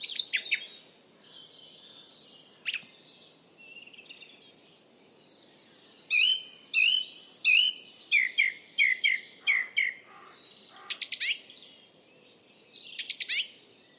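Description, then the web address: Bird calls: busy twittering at first, then a steady series of short, even notes roughly every half second, and more high chirps near the end. "Bird Only"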